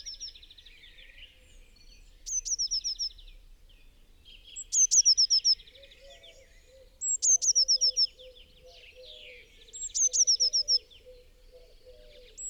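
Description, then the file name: Eurasian blue tit calling: high thin notes then a fast trill, four phrases a few seconds apart, with softer chirps and a low warbling sound behind. "Cyanistes caeruleus"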